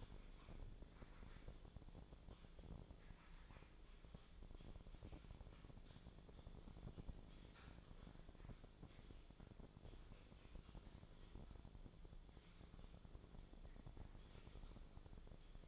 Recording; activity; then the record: daily activity, microphone in the room; typing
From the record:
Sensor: 5